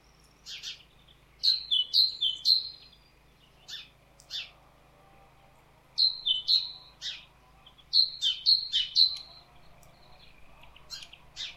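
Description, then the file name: Great tit song: bright two-note phrases repeated two to four times in quick bursts, with sharp high chirps scattered between the bursts. "Parus major"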